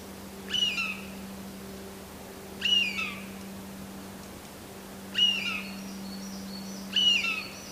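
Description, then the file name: Eurasian jay calls harshly four times, about two seconds apart, each rasp carrying a whistled note; faint high twittering and hum in the background. "kakesu"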